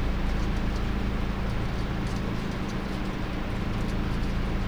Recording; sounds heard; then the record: poultry house recording; no chicken sound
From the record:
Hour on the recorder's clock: 20